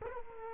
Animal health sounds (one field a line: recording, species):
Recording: mosquito wingbeat signal from an infrared sensor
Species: Culex quinquefasciatus